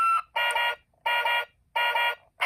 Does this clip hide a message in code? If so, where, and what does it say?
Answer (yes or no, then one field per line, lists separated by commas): no